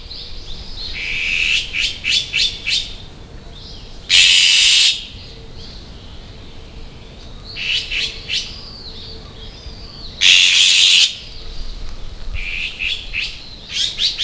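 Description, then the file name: Azure-winged magpie giving harsh, raspy calls in quick bursts, with two loud grating screeches about six seconds apart and a steady hum throughout. Recorded at Sayama. "onaga sayama"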